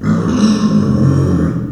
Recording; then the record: squeal of a Yucatan mini pig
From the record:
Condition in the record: after surgery on the right vocal fold (resection and tissue-engineered implant); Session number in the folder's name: 9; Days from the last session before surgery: 65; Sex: female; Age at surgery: 19 weeks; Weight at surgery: 25 kg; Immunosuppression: prednisolone